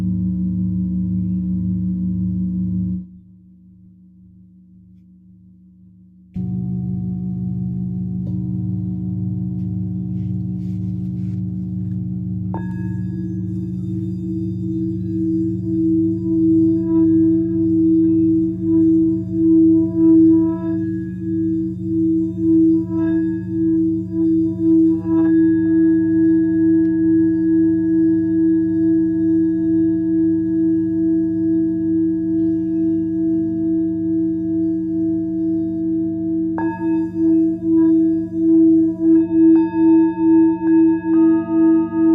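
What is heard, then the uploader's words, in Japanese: Singing bowls ring in a long, steady hum for sound healing, with low sustained tones and a clear pulsing shimmer. Near the start the sound drops to a quiet murmur for about three seconds, then swells back. Higher tones join around 13, 25 and 37 seconds. 朝焼けのメキシコから シンギングボウルのサウンドヒーリングライブ。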